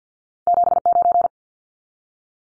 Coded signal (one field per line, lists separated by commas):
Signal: Morse code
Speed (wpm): 50 wpm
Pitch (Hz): 700 Hz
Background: none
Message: 79